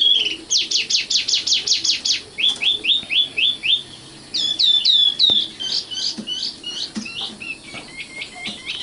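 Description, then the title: Oriental magpie-robin singing: a fast series of repeated bright notes, then a slower repeated series, then varied hooked phrases, rich and continuous. "Kicau Kacer"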